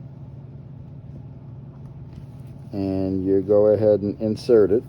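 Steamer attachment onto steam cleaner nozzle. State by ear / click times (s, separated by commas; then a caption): not seated / none. The prongs of a steamer attachment are lined up with the grooves on the nozzle of a Dyna-Living 1500W steam cleaner with a 1.5L water tank, just before the attachment is inserted. A low, steady rumble fills the first 2.7 seconds, then someone talks until the end. Nothing has seated or clicked yet.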